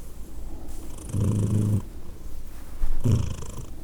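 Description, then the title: Cat purring, a sustained deep rumble for under a second followed by a shorter louder purr burst. Cat named Edith, purring, Glasgow, Scotland, December 2023. "Edith purring, Glasgow, Scotland in December 2023 – by Steve Urquhart"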